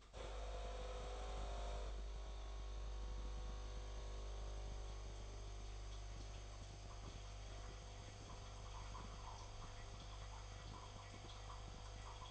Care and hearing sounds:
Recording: daily activity, microphone in the room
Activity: make coffee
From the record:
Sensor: 5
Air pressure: 1004.3 hPa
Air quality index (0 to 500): 171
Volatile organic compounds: 4 ppm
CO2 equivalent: 1603 ppm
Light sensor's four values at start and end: 35/113/42/42 and 35/113/42/42

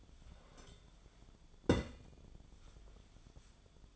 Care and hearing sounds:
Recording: daily activity, microphone in the room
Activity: take from stove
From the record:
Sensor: 5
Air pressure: 1010.0 hPa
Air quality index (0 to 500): 149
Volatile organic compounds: 3 ppm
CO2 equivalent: 1453 ppm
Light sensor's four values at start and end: 245/597/255/279 and 248/594/257/284

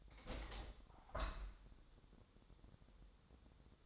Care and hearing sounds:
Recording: daily activity, microphone in the room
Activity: open window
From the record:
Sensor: 3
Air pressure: 1000.4 hPa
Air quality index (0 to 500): 144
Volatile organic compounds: 2 ppm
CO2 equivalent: 1250 ppm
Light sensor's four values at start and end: 13/34/13/15 and 13/35/14/15

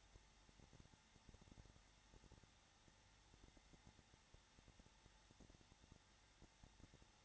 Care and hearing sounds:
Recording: daily activity, microphone in the room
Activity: no activity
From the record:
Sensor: 3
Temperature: 21.3 degrees Celsius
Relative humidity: 33.3%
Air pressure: 994.5 hPa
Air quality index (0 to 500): 167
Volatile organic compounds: 3 ppm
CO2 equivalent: 1455 ppm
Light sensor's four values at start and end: 2/3/2/2 and 2/3/2/2

